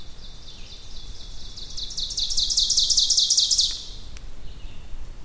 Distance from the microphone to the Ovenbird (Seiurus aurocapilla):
about 15 m